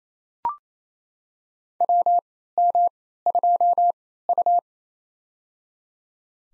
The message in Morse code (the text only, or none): WM2U